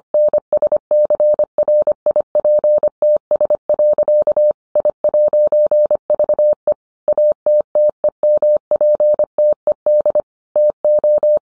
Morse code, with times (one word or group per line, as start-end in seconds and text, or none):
0.1-4.5 NSCRIPTS.
4.8-6.7 I'VE
7.1-10.2 ATTEMPTED
10.6-11.4 TO